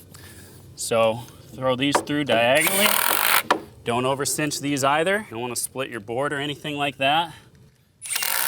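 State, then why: Torque reached. Someone talks, then a drill drives a Simpson SD 2.5 structural wood screw diagonally through a metal joist hanger into the wood joist and ledger. The drill's clutch, set to stop the screw, ratchets with clicks at 8.2 s and 8.2 s. That is the signal to stop, so the screw isn't over-cinched and the board doesn't split.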